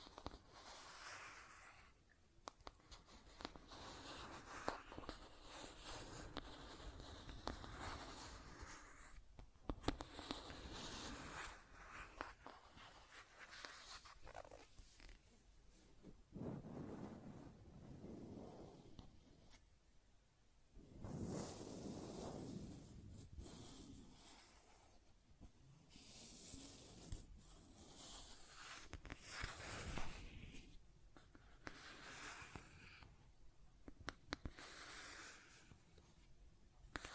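Scratching and tracing sounds come in irregular bursts of rough, bright scraping, some short and sharp, others drawn out over a second or two. Quieter pauses separate the strokes, and a few heavier, lower rubs appear around the middle and near the end.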